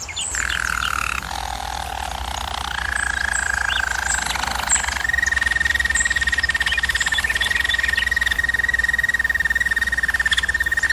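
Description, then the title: German Roller canary song: a low rolling tour changing pitch, then a long, even, high trill sustained to the end, over a faint steady hum. Canary training recording of a German Roller canary singing. "German Roller Canary Singing - Canary Training Vid"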